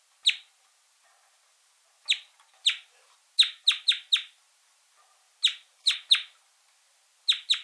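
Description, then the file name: Red crossbill giving sharp, high clipped 'kip' calls, singly and in quick runs of up to four, with pauses between bursts; no other sounds. Calls and song elements. "Golosa ptic - Klest-elovik Pozyvki i elementy peniya"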